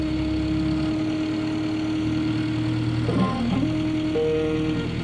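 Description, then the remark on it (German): A steady, droning aluminium Subaru engine mounted in the front of a homebuilt aircraft hums with a low buzz, then its pitch wavers and climbs in steps as it revs up to a higher, whining speed of 5500 rpm. No voices. “Oh, 5500 Umdrehungen!”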